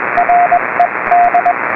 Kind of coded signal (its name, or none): Morse code